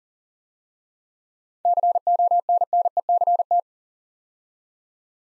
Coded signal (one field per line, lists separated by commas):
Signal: Morse code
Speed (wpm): 40 wpm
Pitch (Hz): 700 Hz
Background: none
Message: CONNECT